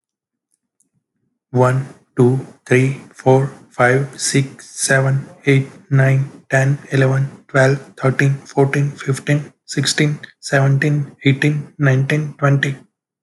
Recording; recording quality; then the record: counting at a normal pace; excellent, no background noise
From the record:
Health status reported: healthy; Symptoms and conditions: none ticked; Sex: male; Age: 25 years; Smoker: not ticked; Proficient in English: yes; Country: India